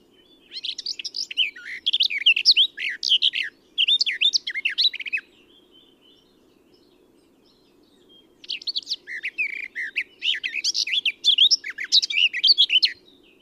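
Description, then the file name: Eurasian blackcap song in two long bursts of quick, varied scratchy and clear notes separated by a pause, with a gentle low background hum. "Sylvia atricapilla"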